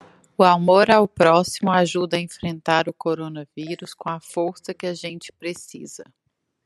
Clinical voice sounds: spoken sentence; Brazilian Portuguese; female; 30 to 39 years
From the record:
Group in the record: control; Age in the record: 36 years

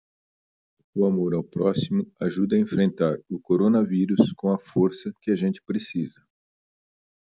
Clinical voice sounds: spoken sentence; Brazilian Portuguese; male; 60 to 69 years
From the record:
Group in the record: control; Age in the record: 61 years

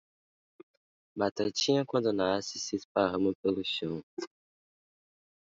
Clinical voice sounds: short text; Brazilian Portuguese; male; 20 to 29 years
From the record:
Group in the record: control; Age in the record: 21 years

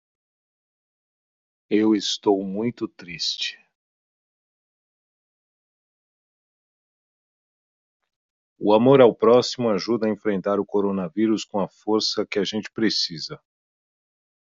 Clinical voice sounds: spoken sentence; Brazilian Portuguese; male; 40 to 49 years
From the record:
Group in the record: control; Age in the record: 43 years

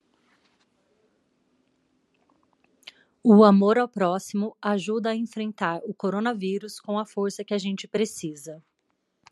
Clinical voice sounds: spoken sentence; Brazilian Portuguese; female; 30 to 39 years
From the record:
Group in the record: control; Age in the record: 38 years

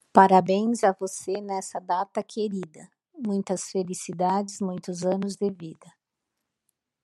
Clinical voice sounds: short text; Brazilian Portuguese; female; 50 to 59 years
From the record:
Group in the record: control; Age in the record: 51 years

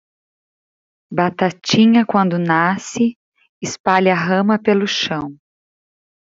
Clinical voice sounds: short text; Brazilian Portuguese; female; 40 to 49 years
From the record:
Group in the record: control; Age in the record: 40 years

